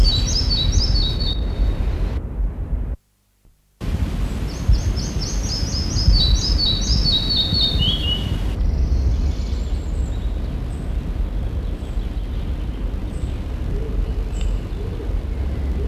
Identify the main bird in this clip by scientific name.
Ficedula parva